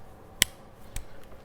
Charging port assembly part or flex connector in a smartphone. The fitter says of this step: there's a you know audible click which is good